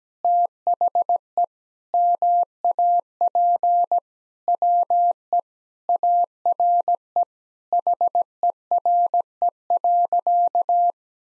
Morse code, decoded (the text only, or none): THE MAP WE ARE HERE.